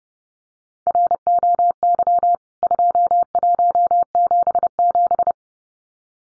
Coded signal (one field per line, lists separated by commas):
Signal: Morse code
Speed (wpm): 30 wpm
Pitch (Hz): 700 Hz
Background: none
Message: ROY 2177